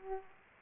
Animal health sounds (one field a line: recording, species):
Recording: mosquito wingbeat signal from an infrared sensor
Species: Aedes aegypti